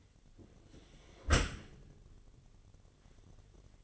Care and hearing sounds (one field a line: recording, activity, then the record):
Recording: daily activity, microphone in the room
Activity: close dishwasher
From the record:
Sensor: 4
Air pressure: 1007.5 hPa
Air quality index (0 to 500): 200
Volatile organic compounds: 7 ppm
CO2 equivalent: 1995 ppm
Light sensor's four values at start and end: 22/70/27/26 and 22/70/27/26